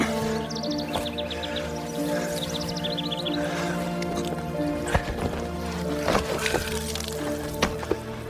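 A person sitting on the ground on a riverbank pours cold river water out of boots: water sloshes and pours with wet squishing and a few splashy drips, over a steady low hum, while birds chirp briefly near the start.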